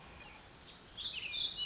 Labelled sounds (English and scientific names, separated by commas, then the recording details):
Warbling Vireo (Vireo gilvus)
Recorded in Sonoma County, California